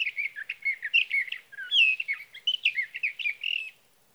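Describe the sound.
Sage thrasher singing a fast, jumbled warble of varied whistled and buzzy notes, tumbling on without a break, then stopping.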